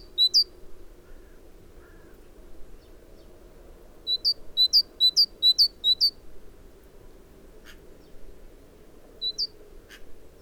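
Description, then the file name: Great tit song: a single two-note phrase, then a run of several paired notes, and another brief pair near the end. "Parus major"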